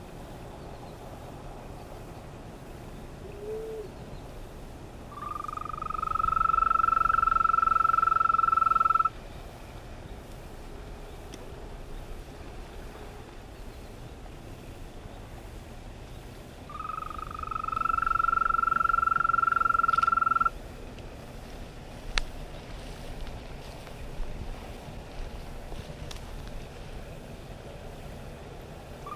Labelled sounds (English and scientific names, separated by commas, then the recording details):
Green Toad (Bufo viridis) call
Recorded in the wild
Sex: male
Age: adult
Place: Karow, Naturpark Barnim, Berlin, DE
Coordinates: 52.6083, 13.4756
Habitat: pond
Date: 1965-06-12 21:40
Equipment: Uher 4000 Report-S, Transistorverstärker II, Sennheiser MD 421
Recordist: Tembrock, Günter
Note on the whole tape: In einem Teich bei Karow: Trillern (Balz). Keine genaue Ortsangabe